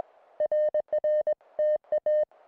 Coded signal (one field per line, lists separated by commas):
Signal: Morse code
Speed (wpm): 21 wpm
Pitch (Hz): 610 Hz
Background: music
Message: RR TA